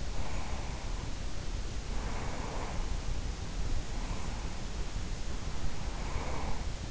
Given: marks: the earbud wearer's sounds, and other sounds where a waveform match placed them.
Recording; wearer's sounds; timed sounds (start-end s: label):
sounds in sleep by an in-ear microphone; breath
0.16-3.26 s: breath
3.66-6.91 s: breath